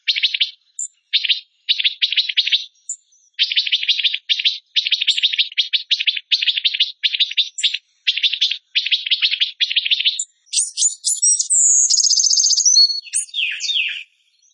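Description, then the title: Bird singing long series of buzzy chattering bursts for about ten seconds, then a switch to sharp high chips and a shrill sustained trill. Masteran tutor song of a bird singing gacor (energetically) in tembakan style, Indonesia. "Masteran Burung Tembakan Gacor"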